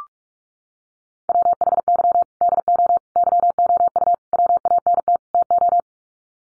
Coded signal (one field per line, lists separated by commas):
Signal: Morse code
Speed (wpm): 44 wpm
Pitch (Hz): 700 Hz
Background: none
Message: WHY DO YOU WANT TO